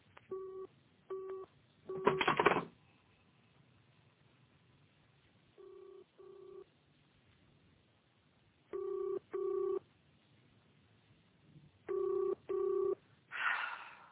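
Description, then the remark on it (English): Telephone dialing followed by a ringing tone: short electronic tone bursts, then steady double-pulse rings repeating at regular intervals, moderately loud, with no voices. The call rings but nobody answers. “It's ringing, but there's no answer.”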